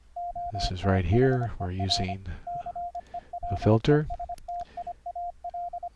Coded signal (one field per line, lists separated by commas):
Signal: Morse code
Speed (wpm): 25 wpm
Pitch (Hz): 700 Hz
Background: speech, radio noise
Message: OTHER CELESTIAL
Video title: Morse Code QSO over the internet - software setup - config 14 - 3 reapers 3 virtual cables